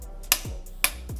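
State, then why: Torque reached. A click-type torque wrench slowly tightens the opposite lug nut in the star pattern on a Rivian R1T / R1S wheel until it breaks over. Two loud, sharp clicks ring out at 0.3 s and 0.8 s, confirming the wrench has clicked at its torque setting.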